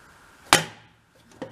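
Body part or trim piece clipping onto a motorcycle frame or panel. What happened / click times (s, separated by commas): The trim piece snapped into place / 0.5 s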